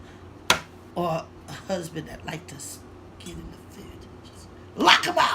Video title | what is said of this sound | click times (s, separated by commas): Programmable LCD Digital Crockpot ( Tech Tuesday) | you can hear that snap which I think it's excellent especially if you have children | 0.5 s